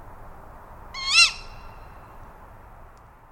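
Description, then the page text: Tawny owl gives one loud, piercing call that rises and then falls. "Resources for the Tawny Owl Point Survey. BTO - British Trust for Ornithology"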